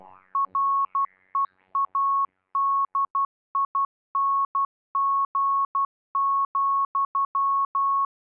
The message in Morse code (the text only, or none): READING,